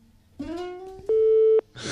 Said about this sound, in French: Vous n'aurez qu'un bip, bip, bip. Vous voulez l'entendre ? Je vais le mettre.